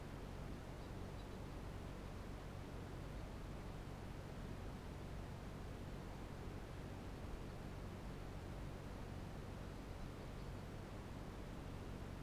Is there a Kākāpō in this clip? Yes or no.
no